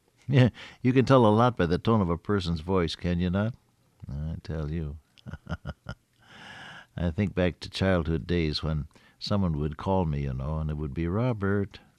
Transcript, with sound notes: You can tell a lot by the tone of a person’s voice, can you not? I tell you. (Laughs) I think back to childhood days when someone would call me, you know, and they would be, “Robert”,